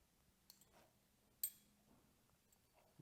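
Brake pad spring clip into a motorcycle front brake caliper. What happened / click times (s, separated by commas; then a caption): The spring clip snapped into place / 1.4 s. A metal brake pad spring clip with a U-shaped tab is slid into the front brake caliper of a Yamaha YZ 250FX dirt bike and pressed until it snaps into place. A faint tick at 0.5 s comes before a sharp metallic click at 1.4 s, followed by quiet small handling noises. The clip is seated.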